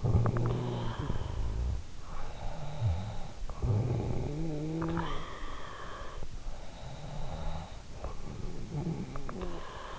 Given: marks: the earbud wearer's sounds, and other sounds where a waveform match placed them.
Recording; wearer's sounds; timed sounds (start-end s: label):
sounds in sleep by an in-ear microphone; snoring breath
0.00-9.99 s: snoring breath